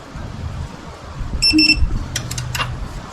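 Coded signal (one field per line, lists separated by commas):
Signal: beep code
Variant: digital torque wrench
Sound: a short high electronic beeping burst, then several sharp mechanical ratchet clicks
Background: workshop noise, ratchet clicks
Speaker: One beep means it's 5 pounds from set. 2 beeps means you're at 45 pounds.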